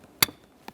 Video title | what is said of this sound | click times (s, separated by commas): How to Replace HVAC Blower Motor Assembly 2012-2015 Honda Civic | Slide it in, listen for a click. | 0.2 s